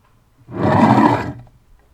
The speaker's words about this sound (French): Je vous ai dit le lion de... du cinéma. Le lion, oui. Le roi lion ? Non, de Goldwyn machin.